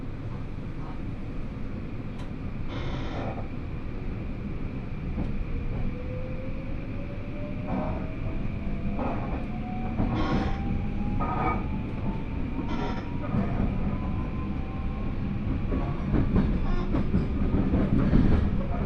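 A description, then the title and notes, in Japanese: A ride on the Hōhi Main Line train: a steady low rumble of the carriage fills the whole clip, growing slightly louder toward the end. Short bursts of rattling and clatter come every few seconds, and a thin rising whine climbs slowly from about five seconds onward. 新水前寺から豊肥本線に乗って肥後大津まで移動します。なかなかの山道を登っていくのですが、821系車両はいとも簡単に進んでいきます。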